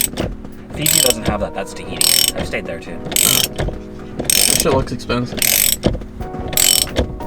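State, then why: Stripped. A ratchet wrench turns a bolt in the front-end mounting of an S13 Silvia, its pawl clicking repeatedly in bright bursts, with clicks at 6.6, 6.7, 6.7 and 6.8 seconds. Someone talks. The bolt thread is stripped and the hardware needs replacing.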